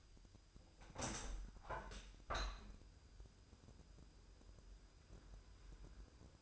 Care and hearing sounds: daily activity, microphone in the room; open window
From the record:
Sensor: 2

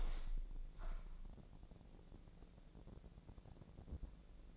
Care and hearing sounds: daily activity, microphone in the room; open window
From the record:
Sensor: 5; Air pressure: 1012.4 hPa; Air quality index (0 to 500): 160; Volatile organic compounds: 2 ppm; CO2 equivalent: 1080 ppm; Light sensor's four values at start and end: 94/227/95/105 and 93/224/94/103

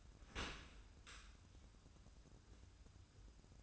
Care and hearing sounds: daily activity, microphone in the room; open dishwasher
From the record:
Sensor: 2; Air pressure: 994.3 hPa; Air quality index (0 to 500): 213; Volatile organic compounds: 1000 ppm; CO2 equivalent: 7061 ppm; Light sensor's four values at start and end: 149/358/152/159 and 149/358/152/159

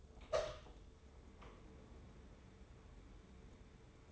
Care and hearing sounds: daily activity, microphone in the room; open door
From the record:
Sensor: 3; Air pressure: 1015.2 hPa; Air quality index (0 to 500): 139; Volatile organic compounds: 7 ppm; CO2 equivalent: 1962 ppm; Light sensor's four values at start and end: 16/40/16/17 and 16/40/16/17

